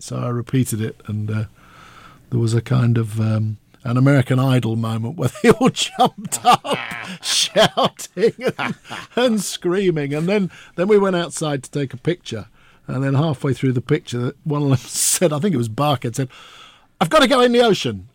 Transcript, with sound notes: So I repeated it, and it was a kind of an "American Idol" moment where they all jumped up shouting.
(LAUGHTER)
And screaming. And then we went outside to take a picture, and then halfway through the picture, one of them said, I think it was Barkhad said, I've got to go in the ocean.